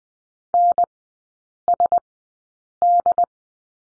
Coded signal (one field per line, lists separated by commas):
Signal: Morse code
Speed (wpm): 20 wpm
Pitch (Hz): 700 Hz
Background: none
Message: NSD